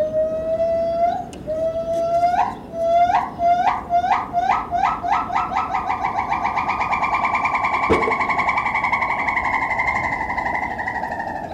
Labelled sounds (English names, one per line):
Borneo Gibbon